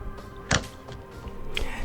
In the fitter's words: slot in the RAM and listen for a little click now